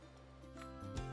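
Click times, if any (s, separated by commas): none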